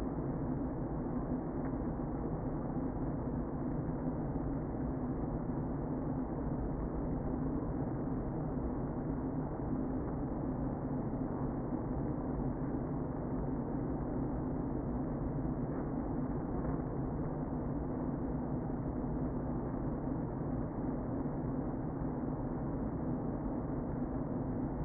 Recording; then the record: honeybee colony, microphone inside the hive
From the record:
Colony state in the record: queen present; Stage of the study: before two queens were removed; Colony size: about 60,000 bees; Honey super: yes